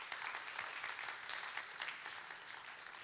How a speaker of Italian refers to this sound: Vogliamo fare un applauso a tutti i figli che sono in mezzo a noi.